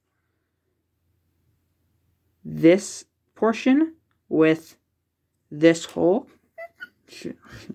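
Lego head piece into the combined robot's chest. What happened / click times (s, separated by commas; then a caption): No seating click; the part is only being lined up / none. After about 2.4 seconds of silence, someone talks in short bursts while lining up the peg of a plastic Lego head piece with the hole in the combined robot's chest, before plugging it in. Nothing has seated or clicked yet.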